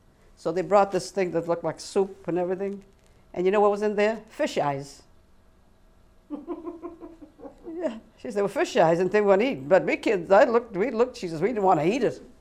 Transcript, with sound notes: So they brought this thing that looked like soup and everything. And you know what was in there? Fish eyes. ( they laugh ) She said they were fish eyes. They didn't want to eat. We kids, I looked, we looked, she says we didn't want to eat it.